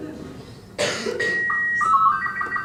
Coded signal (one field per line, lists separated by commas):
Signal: SSTV (slow-scan television)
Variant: Robot 36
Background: speech